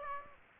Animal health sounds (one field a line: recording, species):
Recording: mosquito wingbeat signal from an infrared sensor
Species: Aedes aegypti